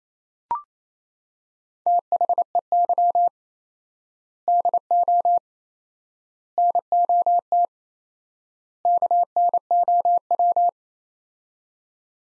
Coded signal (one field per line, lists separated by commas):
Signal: Morse code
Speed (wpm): 27 wpm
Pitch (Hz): 700 Hz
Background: none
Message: THEY DO NOT KNOW